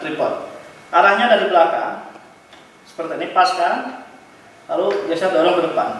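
A camera with its mounting plate attached is aligned from the rear of a tripod head's quick-release and slid forward, while someone talks throughout. The plate has not locked into the tripod head yet, and no click is heard.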